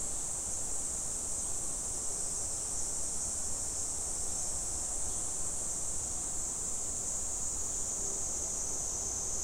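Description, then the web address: Cicada droning with a continuous, even, high electric hiss that never pauses, accompanied by low background rumble. Recorded 19 July 2011. "fukudai cicada"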